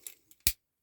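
A plastic battery compartment is pressed down onto the chassis of a Tamiya 1/32 Mini 4WD Wild Junior Lunch Box toy car, with a bit of a tight fit. A few faint plastic ticks come first, then the compartment snaps home with a loud, sharp click at 0.5 s. It is seated in place on top of the chassis.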